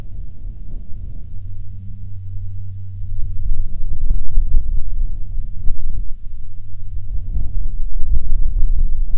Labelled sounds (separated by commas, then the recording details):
wind, aircraft
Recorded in the Prudhoe Bay oil fields, Alaska, on 29 July 2019 at 17:07
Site 13